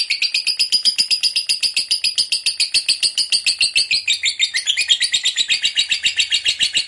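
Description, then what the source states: Lovebird in a long, continuous ngekek chatter: rapid, harsh, high pulses, unbroken for the whole stretch. Long ngekek chatter, described as gacor (in full, frequent voice).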